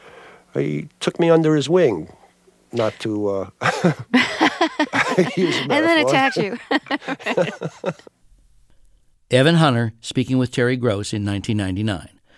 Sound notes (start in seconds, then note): 3.6 laughter; 6.7 laughter